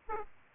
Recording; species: mosquito wingbeat signal from an infrared sensor; Aedes aegypti